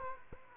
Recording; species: mosquito wingbeat signal from an infrared sensor; Aedes aegypti